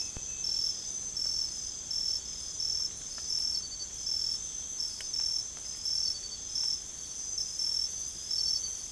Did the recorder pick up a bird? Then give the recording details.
no. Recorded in secondary vegetation near Puerto Asís, Putumayo, Colombia, on 16 December 2024 at 04:00. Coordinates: 0.468, -76.324. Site G095